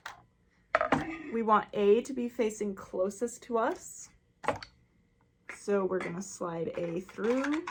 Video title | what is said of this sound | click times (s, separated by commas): How to use a 3 in 1 BUTTON & MAGNET maker Caydo machine! Easy tutorial, different sizes & styles! | it up and put it in till you hear the click. | 0.7 s